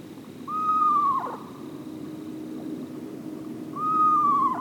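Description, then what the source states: Eastern Screech Owl calls twice, about three seconds apart: a clear whistle held nearly level, then breaking into a quavering trill as it falls away. Very tiny owl, common in forests, supremely camouflaged, nests in cavities and rarely seen; calls described as eerie.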